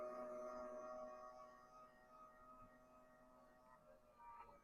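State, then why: Not seated. The handle and platen of a Vevor heat press are pushed down toward the locked pressing position, with sustained musical tones ringing throughout and a faint bump near the end. Nothing has locked or clicked yet.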